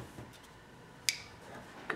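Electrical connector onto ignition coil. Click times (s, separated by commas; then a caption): 1.1 s. A plastic electrical connector is pushed onto an ignition coil during the coil's reinstall on a Toyota Land Cruiser engine. A sharp click sounds at 1.1 s, followed by a softer tick at 1.9 s, over low background noise. The connector is seated with a positive click.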